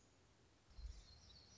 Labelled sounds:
Black-throated Gray Warbler (Setophaga nigrescens)
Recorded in Sonoma County, California

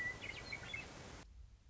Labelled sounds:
Western Meadowlark (Sturnella neglecta)
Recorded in Sonoma County, California

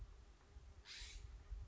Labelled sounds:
California Scrub-Jay (Aphelocoma californica)
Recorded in Sonoma County, California

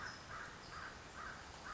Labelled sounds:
American Crow (Corvus brachyrhynchos)
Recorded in Sonoma County, California

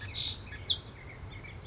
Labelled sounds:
Chestnut-backed Chickadee (Poecile rufescens)
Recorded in Sonoma County, California

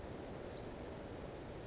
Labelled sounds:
Western Flycatcher (Empidonax difficilis)
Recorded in Sonoma County, California

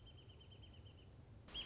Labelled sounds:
Wrentit (Chamaea fasciata)
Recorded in Sonoma County, California

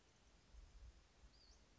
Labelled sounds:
Western Flycatcher (Empidonax difficilis)
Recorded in Sonoma County, California

